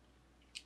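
The screw-mounted strap closure tab on a Trayvax Contour metal card wallet is pushed to release its tension, then flips up and comes off. A single soft tick is heard at 0.6 s, a brief bright burst over a quiet background. The tab is released.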